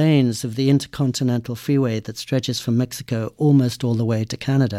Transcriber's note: none